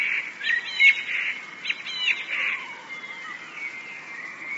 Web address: wroblowe teka modraszkoteka